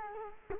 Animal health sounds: mosquito wingbeat signal from an infrared sensor; Culex quinquefasciatus

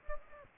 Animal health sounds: mosquito wingbeat signal from an infrared sensor; Anopheles gambiae

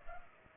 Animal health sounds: mosquito wingbeat signal from an infrared sensor; Culex pipiens

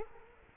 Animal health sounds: mosquito wingbeat signal from an infrared sensor; Culex quinquefasciatus

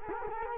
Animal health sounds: mosquito wingbeat signal from an infrared sensor; Culex quinquefasciatus

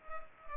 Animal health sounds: mosquito wingbeat signal from an infrared sensor; Culex pipiens

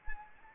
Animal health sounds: mosquito wingbeat signal from an infrared sensor; Anopheles arabiensis

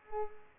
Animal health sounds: mosquito wingbeat signal from an infrared sensor; Culex pipiens

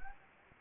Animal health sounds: mosquito wingbeat signal from an infrared sensor; Anopheles gambiae

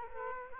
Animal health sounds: mosquito wingbeat signal from an infrared sensor; Culex quinquefasciatus

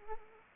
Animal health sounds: mosquito wingbeat signal from an infrared sensor; Anopheles arabiensis

